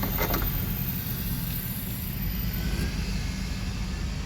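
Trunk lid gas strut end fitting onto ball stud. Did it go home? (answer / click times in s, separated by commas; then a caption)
no / none. A new trunk lid gas strut on a BMW Z3 is turned and lined up to the right orientation before its end fitting is pushed onto the ball stud. A few faint handling rattles come in the first half second over a steady low rumble and a thin high-pitched whine. Nothing has snapped onto the ball stud yet.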